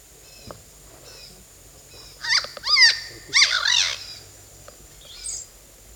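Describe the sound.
Bird giving a few high, arching, chevron-shaped calls in quick succession, after a few faint chirps.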